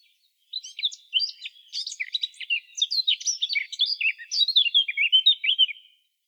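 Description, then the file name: Eurasian blackcap giving a fast, continuous run of high chattering and twittering notes lasting about five seconds, clean with no other sounds. "Sylvia atricapilla"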